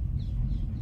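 A speed-sensing central door lock actuator in the door of a Creta S1.4, which locks the doors automatically once the car passes about 15 km/h, is heard while the car moves at around 12–13 km/h. Steady low-frequency road and engine rumble fills the short clip, with no distinct sudden sound. The lock has not engaged yet; nothing has clicked or seated.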